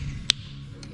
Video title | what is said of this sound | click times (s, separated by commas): Mikey Attempts More Trans Am Building and Helps His Brother Install Headlights On a Silverado | snap in too did you hear that | 0.3 s